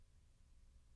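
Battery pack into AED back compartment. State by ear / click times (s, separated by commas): not seated / none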